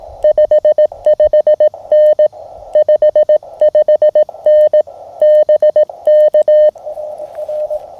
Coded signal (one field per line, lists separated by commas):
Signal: Morse code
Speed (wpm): 19 wpm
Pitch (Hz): 610 Hz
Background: none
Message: 55N 55N BK R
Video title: October Portable Field Radio Kit Challenge POTA CW Morse Code Ham Radio Steve Weber MTR practice